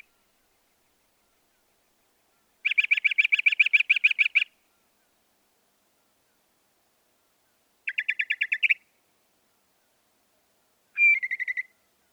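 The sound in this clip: Northern mockingbird song made of separate rapid rattling trills with silent gaps between them, closing with a short slurred whistle and chatter.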